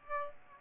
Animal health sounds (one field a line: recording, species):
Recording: mosquito wingbeat signal from an infrared sensor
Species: Aedes aegypti